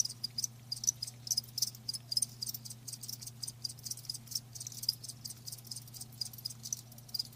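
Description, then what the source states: Crickets giving soft, high trilling chirps in quick pulsed bursts over a constant low hum. Live crickets chirping, a lulling song.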